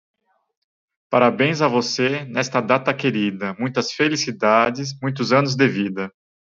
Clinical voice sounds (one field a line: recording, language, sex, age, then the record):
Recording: short text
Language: Brazilian Portuguese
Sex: male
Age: 40 to 49 years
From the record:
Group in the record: control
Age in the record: 40 years